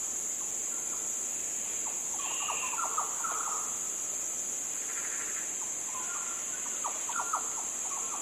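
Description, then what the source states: Yellow oriole song: short fluty whistled notes in loose phrases, some clustered and falling, over a steady high insect drone. More than one yellow oriole, giving fluty sounds.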